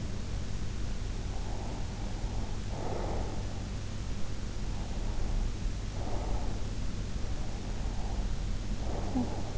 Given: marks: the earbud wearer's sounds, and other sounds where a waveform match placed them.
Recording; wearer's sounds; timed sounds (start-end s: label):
sounds in sleep by an in-ear microphone; breath
1.41-3.41 s: breath
5.01-6.64 s: breath
7.67-9.58 s: breath